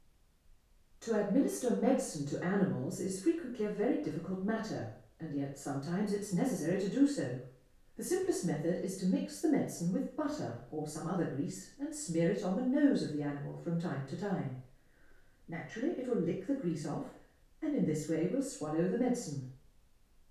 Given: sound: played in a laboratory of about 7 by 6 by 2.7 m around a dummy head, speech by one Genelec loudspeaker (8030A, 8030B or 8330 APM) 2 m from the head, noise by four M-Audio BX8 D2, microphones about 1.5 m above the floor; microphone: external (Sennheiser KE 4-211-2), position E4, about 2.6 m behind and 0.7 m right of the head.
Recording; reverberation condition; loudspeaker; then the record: female speech in English; medium; 120 degrees to the left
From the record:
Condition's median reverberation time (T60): about 510 ms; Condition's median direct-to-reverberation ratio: about -0.5 dB